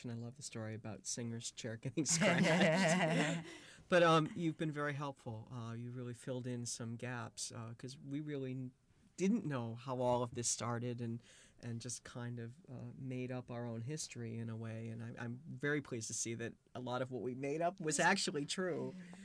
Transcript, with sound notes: I love the story about Singer's chair getting scratched. (They laugh.) But you've been very helpful. You've really filled in some gaps, because we really didn't know how all of this started, and just kind of made up our own history, in a way, and I'm very pleased to see that a lot of what we made up was actually true.